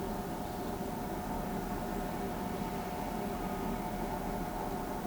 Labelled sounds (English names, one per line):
none